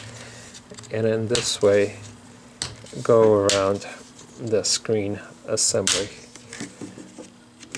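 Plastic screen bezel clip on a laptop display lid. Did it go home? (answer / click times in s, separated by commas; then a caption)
released / 2.6 s. A plastic screen bezel on the display lid of an HP Pavilion 17-x 17-x051nr laptop is pried up by fingertip along its edge while someone talks. One of its retaining clips snaps free with a sharp click at 2.6 s, showing the bezel is coming off. A few fainter clicks follow near the end.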